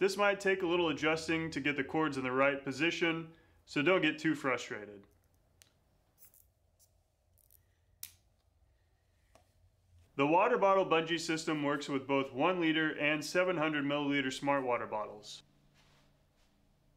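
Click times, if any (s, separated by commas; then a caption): 8.0 s. Someone talks, then in a quiet stretch both elastic bungee cord ends of a shoulder strap water bottle bungee system are slipped through the back of a plastic cord end lock stopper, with faint small taps and handling sounds. The stopper is pressed down firmly and snaps closed with a sharp click at 8.0 s, seating in place. Someone talks again afterward.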